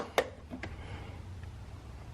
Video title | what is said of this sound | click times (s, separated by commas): Universal Power Window Kit Installation | place this boot back into place it'll click in place | 0.2 s